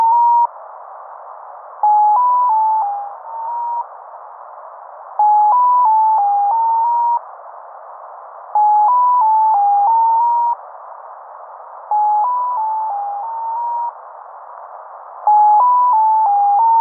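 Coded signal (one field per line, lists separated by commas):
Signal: channel marker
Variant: Mazielka (X06)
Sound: short runs of six quick stepped tones, repeating every few seconds over hiss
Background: radio static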